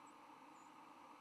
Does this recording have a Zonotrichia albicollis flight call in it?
yes